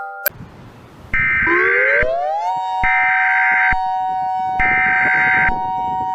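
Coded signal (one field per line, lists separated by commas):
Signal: Emergency Alert System (SAME) tones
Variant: header bursts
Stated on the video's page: Fictional EAS scenario of a cataclysmic Nibiru planetary impact at New Year.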